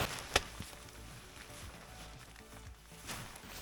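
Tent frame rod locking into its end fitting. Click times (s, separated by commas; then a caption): 0.4 s. A rod mechanism that runs to the tip of a hot-tent's frame is pressed up into its end fitting and locks into place with a single sharp click at 0.4 s. A smaller tap follows at about 0.6 s over a low, steady background rustle.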